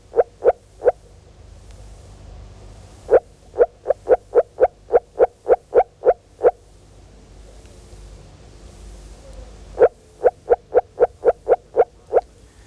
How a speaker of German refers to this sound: Und bei 12 Grad Wassertemperatur bringt unser Frosch nur noch ganz kurzgereihte Rufe.